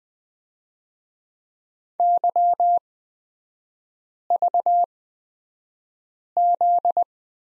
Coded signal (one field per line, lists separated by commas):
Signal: Morse code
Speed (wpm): 20 wpm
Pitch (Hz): 700 Hz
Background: none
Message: YVZ